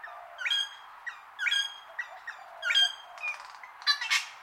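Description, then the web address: Wattlebird call: barking, harmonic notes repeated about once a second, followed by a rough, rasping squawk at the close. Long call. "Sound Effects-Foundation 1 BIRD WATTLE BIRD CALL LONG"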